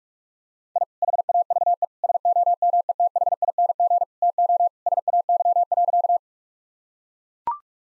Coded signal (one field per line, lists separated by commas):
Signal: Morse code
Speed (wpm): 43 wpm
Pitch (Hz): 700 Hz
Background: none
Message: I HAVE SOMETHING TO SAY.